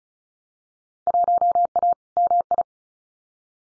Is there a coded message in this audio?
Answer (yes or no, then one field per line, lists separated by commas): yes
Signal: Morse code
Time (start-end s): 1.1-2.6 s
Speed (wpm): 36 wpm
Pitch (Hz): 700 Hz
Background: none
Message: 1A MI